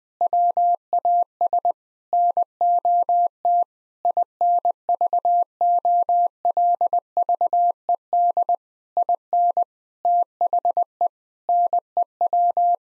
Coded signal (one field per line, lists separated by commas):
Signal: Morse code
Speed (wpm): 20 wpm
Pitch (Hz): 700 Hz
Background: none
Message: WAS NOT INVOLVED IN THE NEW